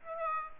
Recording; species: mosquito wingbeat signal from an infrared sensor; Aedes aegypti